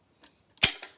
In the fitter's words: you'll hear it lock in place the top here